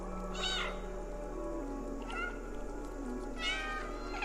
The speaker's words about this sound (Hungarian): Na nézzük, mindjárt átveszik az irányítást cica úr felett. Igen, ugyan a Stray ugye ma jelent meg. És korábban egyébként beszélgettünk róla. Gomnyomásra lehet nyávogni egyébként a játékban.